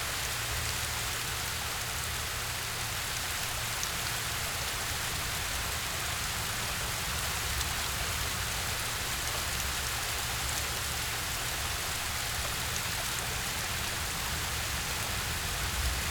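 A waterfall roars steadily at close range, a dense, unbroken hiss that fills the upper range and never lets up. Beneath it runs a faint low rumble, constant and even. Nothing changes over the sixteen seconds; the falling water stays at one level throughout.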